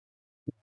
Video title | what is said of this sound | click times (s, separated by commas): More Old Man Making Old Model - Apollo Return | I can just snap it in. There we go. It just snapped in place. | 0.5 s